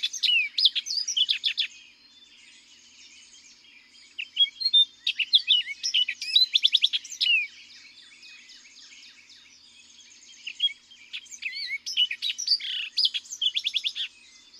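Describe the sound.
Orchard oriole singing three fast, varied phrases of whistles, slurs and rapid notes, separated by pauses of a few seconds.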